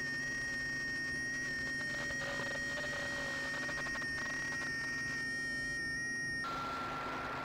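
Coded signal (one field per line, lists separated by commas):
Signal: FT8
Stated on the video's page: Uncut real-world FT8 session on 20 m using WSJT-X, including missed QSOs.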